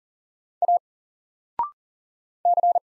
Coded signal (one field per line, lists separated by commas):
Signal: Morse code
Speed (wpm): 40 wpm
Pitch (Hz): 700 Hz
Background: none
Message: A C